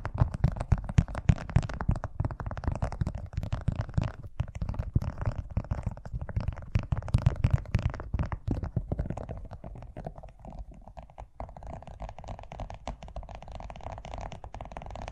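Fast tapping runs the full length, a dense, rapid patter of small hits with a low rumbling body underneath. The first nine seconds are louder and fuller, then the tapping thins out, becoming lighter and brighter, with brief gaps around ten and eleven seconds.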